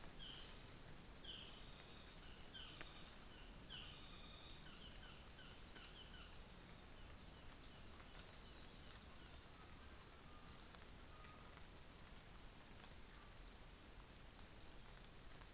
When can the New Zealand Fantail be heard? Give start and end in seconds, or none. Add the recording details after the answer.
2.42-8.01. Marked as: faintness 4/5, faintness 3/5, faintness 1/5, faintness 5/5. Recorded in New Zealand on 24 December 2018. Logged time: 09:00